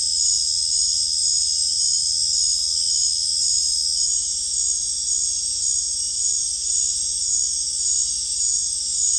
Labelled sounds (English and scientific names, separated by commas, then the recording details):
none
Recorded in secondary vegetation near Puerto Asís, Putumayo, Colombia, on 26 December 2024 at 20:00
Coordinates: 0.484, -76.319
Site GP06